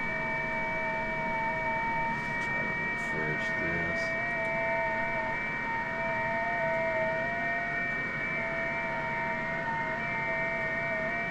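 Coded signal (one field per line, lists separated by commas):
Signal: FT8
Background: speech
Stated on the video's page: FT8 on 40 and 20 meters using WSJT-X.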